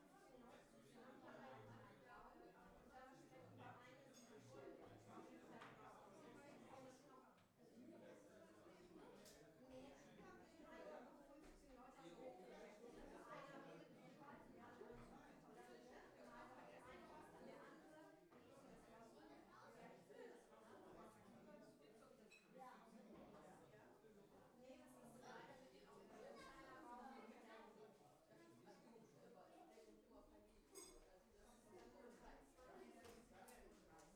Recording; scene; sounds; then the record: everyday scene through a hearing-aid microphone; many people talking; many voices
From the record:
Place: parish hall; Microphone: behind the ear, left, front